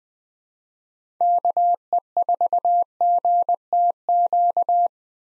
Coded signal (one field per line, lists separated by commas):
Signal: Morse code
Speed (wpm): 20 wpm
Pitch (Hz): 700 Hz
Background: none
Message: KE4GTQ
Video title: 2023 POTA Activator Call Signs - 20wpm